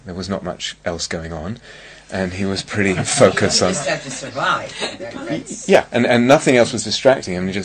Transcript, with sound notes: There was not much else going on, and he was pretty focused on... [laughter]
Except he survived...
Yeah, and nothing else was distracting him.